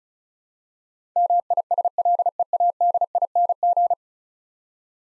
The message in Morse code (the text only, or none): MISLEADING